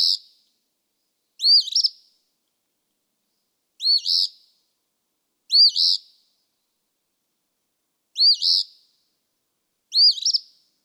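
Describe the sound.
Eastern phoebe repeating its scratchy fee-bee song several times at slightly irregular intervals, some with smooth and some with stuttered endings, otherwise silent.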